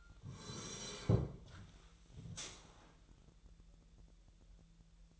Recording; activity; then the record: daily activity, microphone in the room; sit down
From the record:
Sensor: 3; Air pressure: 1001.7 hPa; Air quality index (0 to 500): 249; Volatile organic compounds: 139 ppm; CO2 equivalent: 3971 ppm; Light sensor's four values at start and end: 8/18/8/8 and 11/26/11/11